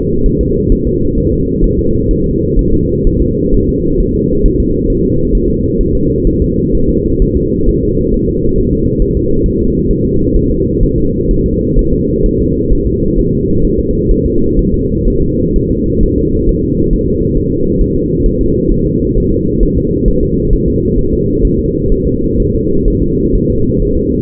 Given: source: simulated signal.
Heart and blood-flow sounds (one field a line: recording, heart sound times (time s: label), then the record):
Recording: fetal heart sounds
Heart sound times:
0.26 s: S1
0.41 s: S2
0.72 s: S1
0.87 s: S2
1.18 s: S1
1.33 s: S2
1.64 s: S1
1.79 s: S2
2.11 s: S1
2.26 s: S2
2.59 s: S1
2.74 s: S2
3.07 s: S1
3.22 s: S2
3.54 s: S1
3.69 s: S2
4.00 s: S1
4.15 s: S2
4.45 s: S1
4.60 s: S2
4.90 s: S1
5.05 s: S2
5.35 s: S1
5.50 s: S2
5.80 s: S1
5.95 s: S2
6.27 s: S1
6.42 s: S2
6.75 s: S1
6.89 s: S2
7.22 s: S1
7.37 s: S2
7.69 s: S1
7.83 s: S2
8.14 s: S1
8.29 s: S2
8.58 s: S1
8.73 s: S2
9.02 s: S1
9.17 s: S2
9.46 s: S1
9.61 s: S2
9.91 s: S1
10.05 s: S2
10.36 s: S1
10.51 s: S2
10.83 s: S1
10.98 s: S2
11.31 s: S1
11.46 s: S2
11.79 s: S1
11.94 s: S2
12.26 s: S1
12.41 s: S2
12.72 s: S1
12.87 s: S2
13.19 s: S1
13.33 s: S2
13.65 s: S1
13.79 s: S2
14.11 s: S1
14.26 s: S2
14.59 s: S1
14.74 s: S2
15.08 s: S1
15.22 s: S2
15.56 s: S1
15.71 s: S2
16.03 s: S1
16.18 s: S2
16.49 s: S1
16.64 s: S2
16.93 s: S1
17.08 s: S2
17.37 s: S1
17.52 s: S2
17.81 s: S1
17.96 s: S2
18.26 s: S1
18.41 s: S2
18.72 s: S1
18.86 s: S2
19.17 s: S1
19.32 s: S2
19.63 s: S1
19.78 s: S2
20.08 s: S1
20.23 s: S2
20.53 s: S1
20.68 s: S2
20.99 s: S1
21.13 s: S2
21.45 s: S1
21.59 s: S2
21.92 s: S1
22.07 s: S2
22.40 s: S1
22.55 s: S2
22.88 s: S1
23.02 s: S2
23.35 s: S1
23.50 s: S2
23.82 s: S1
23.97 s: S2
From the record:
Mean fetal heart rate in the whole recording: 130 bpm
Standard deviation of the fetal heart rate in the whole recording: 4 bpm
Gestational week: 38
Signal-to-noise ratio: -15.3 dB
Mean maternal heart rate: 72 bpm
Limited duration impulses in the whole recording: present